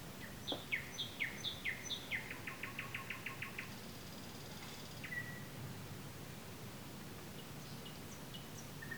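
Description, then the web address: Nightingale phrases: descending whistled notes, a fast run of repeated pulses, a high buzzy passage and a clear whistle, with soft high notes later. Recorded on 15 May 2022. "slowik-spiew-slowika-15052022"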